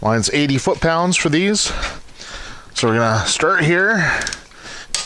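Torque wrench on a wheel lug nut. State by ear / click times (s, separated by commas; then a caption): torque reached / 5.0 s. A click-type torque wrench set to 80 ft-lb tightens a lug nut on a car wheel while someone talks. A sharp click sounds at 4.9 s as the wrench reaches its setting, showing the lug nut is torqued.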